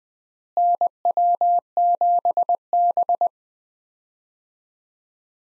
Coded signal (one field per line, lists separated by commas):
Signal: Morse code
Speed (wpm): 21 wpm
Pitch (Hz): 700 Hz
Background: none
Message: NW7B